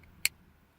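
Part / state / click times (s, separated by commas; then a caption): knife blade locking open in its handle lock / seated / 0.2 s. A Spyderco Lil' Native folding pocket knife is opened, and its blade snaps into its handle lock with a single sharp, bright click at 0.3 s, against a low background hum. The blade seats locked open, with a secure, positive lockup.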